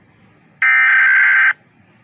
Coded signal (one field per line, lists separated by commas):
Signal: Emergency Alert System (SAME) tones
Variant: header bursts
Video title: Rating EAS alarms